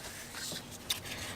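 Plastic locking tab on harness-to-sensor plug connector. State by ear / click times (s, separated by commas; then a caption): seated / 0.9 s. On a Mercedes-Benz van with a 2.0L turbo engine, the white plastic locking tab on the connection between the RaceChip-supplied wiring harness and the OEM sensor plug is pushed closed. Against a low background hiss, one sharp click is heard at 0.9 s as the tab snaps shut, and the connector is locked in place.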